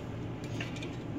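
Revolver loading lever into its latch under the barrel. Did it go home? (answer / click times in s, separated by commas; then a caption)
yes / 0.6 s. The steel loading (rammer) lever of a Remington 1858 cap-and-ball revolver is swung back up under the barrel during reassembly. A short, sharp snap is heard at 0.6 s as its latch catches, and the lever is seated in place.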